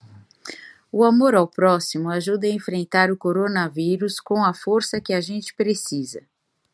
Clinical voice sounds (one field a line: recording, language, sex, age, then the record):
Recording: spoken sentence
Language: Brazilian Portuguese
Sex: female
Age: 50 to 59 years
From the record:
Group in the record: control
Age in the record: 55 years